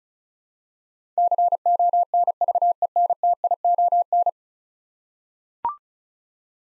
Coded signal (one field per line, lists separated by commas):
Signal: Morse code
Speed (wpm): 36 wpm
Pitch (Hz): 700 Hz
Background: none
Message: CONVENTION